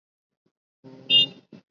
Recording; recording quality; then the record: sustained vowel as in boot; poor, much background noise or distortion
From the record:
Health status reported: respiratory illness, not identified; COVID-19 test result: negative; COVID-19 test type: RT-PCR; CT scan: not taken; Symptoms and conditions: cough, fever, fatigue, muscle pain, asthma, ischaemic heart disease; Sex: male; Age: 35 years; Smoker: no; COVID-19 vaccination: both doses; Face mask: worn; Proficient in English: yes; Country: India